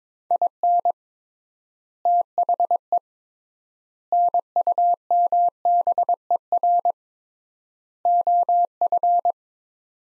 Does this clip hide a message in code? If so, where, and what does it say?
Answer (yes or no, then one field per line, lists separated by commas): yes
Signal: Morse code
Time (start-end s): 0.3-9.3 s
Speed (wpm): 22 wpm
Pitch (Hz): 700 Hz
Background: none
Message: IN THE NUMBER OF